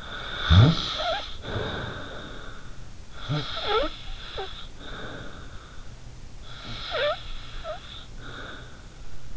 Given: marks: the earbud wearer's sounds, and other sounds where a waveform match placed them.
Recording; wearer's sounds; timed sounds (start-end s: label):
sounds in sleep by an in-ear microphone; snoring breath
0.00-2.73 s: snoring breath
3.15-5.94 s: snoring breath
6.48-9.03 s: snoring breath